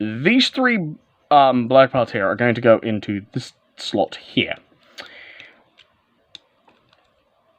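Three black plastic parts from the torso of a transforming robot action figure are being handled and lined up to go into a slot on the body during transformation. Someone talks, then a few faint plastic ticks and taps follow. Nothing has seated or clicked into the slot yet.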